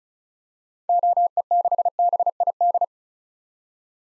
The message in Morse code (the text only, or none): OE6BID